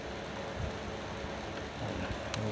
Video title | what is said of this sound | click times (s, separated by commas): ประกอบเกียร์เวฟ100sเอง(จำเป็น) | เวลาเกียร์4จะเข้าล็อคอย่างงี้พอดีนะฮะ | 2.3 s